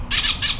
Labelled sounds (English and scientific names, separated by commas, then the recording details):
Brown-throated Parakeet (Eupsittula pertinax) contact call
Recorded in Venezuela
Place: Cerro Saroche, Hato Dalmatela, Edo. Lara
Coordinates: 10.149, -69.534